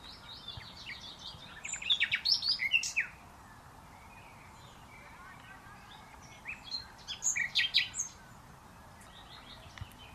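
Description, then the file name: Common nightingale song: two short bursts of varied chirps and clicks a few seconds apart, the rest quiet with soft background hiss. "Luscinia megarhynchos"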